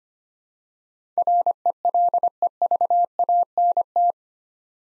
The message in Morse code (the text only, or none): RELEVANT